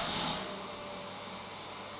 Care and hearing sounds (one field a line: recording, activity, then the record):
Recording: daily activity, microphone in the room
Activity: vacuum cleaning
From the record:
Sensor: 3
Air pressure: 1010.2 hPa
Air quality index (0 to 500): 171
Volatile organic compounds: 10 ppm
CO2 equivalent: 2232 ppm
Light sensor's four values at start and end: 47/116/50/56 and 47/116/50/56